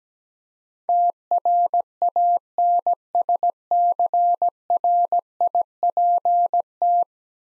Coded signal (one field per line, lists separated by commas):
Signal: Morse code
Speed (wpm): 17 wpm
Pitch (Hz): 700 Hz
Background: none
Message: TRANSCRIPT